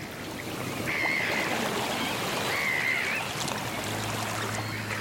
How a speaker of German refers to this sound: Im Norden von Tallinn der freie Blick auf das Meer. Kiesstrand, Möwenrufe.